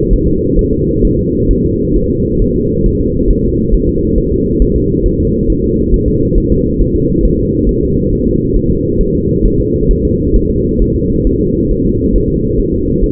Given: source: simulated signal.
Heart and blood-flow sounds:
fetal heart sounds
0.13 s: S1
0.28 s: S2
0.59 s: S1
0.73 s: S2
1.05 s: S1
1.19 s: S2
1.51 s: S1
1.65 s: S2
1.96 s: S1
2.10 s: S2
2.42 s: S1
2.56 s: S2
2.86 s: S1
3.00 s: S2
3.31 s: S1
3.45 s: S2
3.75 s: S1
3.89 s: S2
4.18 s: S1
4.32 s: S2
4.62 s: S1
4.76 s: S2
5.06 s: S1
5.20 s: S2
5.50 s: S1
5.64 s: S2
5.94 s: S1
6.08 s: S2
6.38 s: S1
6.52 s: S2
6.82 s: S1
6.96 s: S2
7.25 s: S1
7.39 s: S2
7.69 s: S1
7.83 s: S2
8.13 s: S1
8.27 s: S2
8.56 s: S1
8.71 s: S2
9.01 s: S1
9.15 s: S2
9.46 s: S1
9.60 s: S2
9.91 s: S1
10.05 s: S2
10.36 s: S1
10.50 s: S2
10.82 s: S1
10.96 s: S2
11.27 s: S1
11.41 s: S2
11.71 s: S1
11.86 s: S2
12.16 s: S1
12.30 s: S2
12.60 s: S1
12.74 s: S2
13.04 s: S1
From the record:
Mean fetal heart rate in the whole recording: 135 bpm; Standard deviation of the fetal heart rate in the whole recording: 3 bpm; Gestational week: 36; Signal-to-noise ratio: -10.2 dB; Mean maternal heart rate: 72 bpm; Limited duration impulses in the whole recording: present

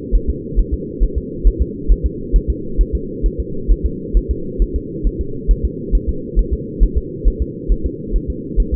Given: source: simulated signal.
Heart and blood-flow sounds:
fetal heart sounds
0.15 s: S1
0.29 s: S2
0.59 s: S1
0.73 s: S2
1.03 s: S1
1.18 s: S2
1.47 s: S1
1.62 s: S2
1.91 s: S1
2.06 s: S2
2.36 s: S1
2.50 s: S2
2.81 s: S1
2.95 s: S2
3.26 s: S1
3.40 s: S2
3.71 s: S1
3.86 s: S2
4.17 s: S1
4.31 s: S2
4.62 s: S1
4.76 s: S2
5.07 s: S1
5.21 s: S2
5.51 s: S1
5.65 s: S2
5.95 s: S1
6.09 s: S2
6.39 s: S1
6.53 s: S2
6.83 s: S1
6.98 s: S2
7.27 s: S1
7.42 s: S2
7.72 s: S1
7.86 s: S2
8.16 s: S1
8.30 s: S2
8.60 s: S1
8.74 s: S2
From the record:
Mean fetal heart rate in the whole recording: 135 bpm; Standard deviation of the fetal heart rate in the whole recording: 3 bpm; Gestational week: 36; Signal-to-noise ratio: -4.3 dB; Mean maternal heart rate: 72 bpm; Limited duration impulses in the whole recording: present

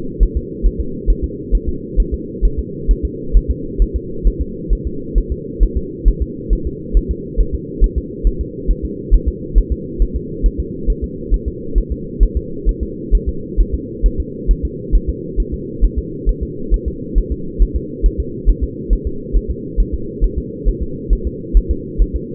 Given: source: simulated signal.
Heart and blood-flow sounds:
fetal heart sounds
0.23 s: S1
0.37 s: S2
0.66 s: S1
0.80 s: S2
1.10 s: S1
1.24 s: S2
1.55 s: S1
1.69 s: S2
2.00 s: S1
2.14 s: S2
2.45 s: S1
2.59 s: S2
2.91 s: S1
3.05 s: S2
3.36 s: S1
3.51 s: S2
3.82 s: S1
3.96 s: S2
4.27 s: S1
4.41 s: S2
4.73 s: S1
4.87 s: S2
5.18 s: S1
5.32 s: S2
5.63 s: S1
5.77 s: S2
6.08 s: S1
6.22 s: S2
6.53 s: S1
6.67 s: S2
6.97 s: S1
7.11 s: S2
7.40 s: S1
7.55 s: S2
7.84 s: S1
7.98 s: S2
8.27 s: S1
8.41 s: S2
8.70 s: S1
8.85 s: S2
9.14 s: S1
9.28 s: S2
9.58 s: S1
9.72 s: S2
10.02 s: S1
10.16 s: S2
10.46 s: S1
10.60 s: S2
10.90 s: S1
11.04 s: S2
11.34 s: S1
11.48 s: S2
11.78 s: S1
11.92 s: S2
12.23 s: S1
12.37 s: S2
12.69 s: S1
12.83 s: S2
13.15 s: S1
13.29 s: S2
13.60 s: S1
13.74 s: S2
14.06 s: S1
14.20 s: S2
14.51 s: S1
14.65 s: S2
14.95 s: S1
15.09 s: S2
15.40 s: S1
15.54 s: S2
15.84 s: S1
15.98 s: S2
16.29 s: S1
16.43 s: S2
16.74 s: S1
16.88 s: S2
17.18 s: S1
17.32 s: S2
17.62 s: S1
17.76 s: S2
18.06 s: S1
18.20 s: S2
18.49 s: S1
18.64 s: S2
18.93 s: S1
19.07 s: S2
19.36 s: S1
19.51 s: S2
19.80 s: S1
19.94 s: S2
20.24 s: S1
20.38 s: S2
20.68 s: S1
20.83 s: S2
21.13 s: S1
21.27 s: S2
21.57 s: S1
21.71 s: S2
22.02 s: S1
22.16 s: S2
From the record:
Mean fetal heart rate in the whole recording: 135 bpm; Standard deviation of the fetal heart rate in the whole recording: 3 bpm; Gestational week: 36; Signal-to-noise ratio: -4.3 dB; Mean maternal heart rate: 72 bpm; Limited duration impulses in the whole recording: absent

